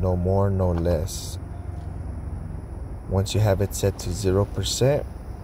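Someone talks over a steady low background while handling the pressure regulator knob, set at 0%, on a cylinder leak-down tester used on a 2001 Toyota Tacoma used engine. The knob is meant to be pushed in until it clicks and locks so it cannot turn during the test. Nothing has clicked or seated yet in this clip.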